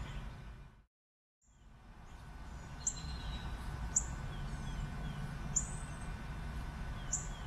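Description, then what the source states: Birds giving short, high chirps roughly every one to one and a half seconds, with faint lower descending notes, over a steady low rumble and a brief dropout near the start. Many birds; Bexar County, Texas, USA; 19 March 2006, afternoon.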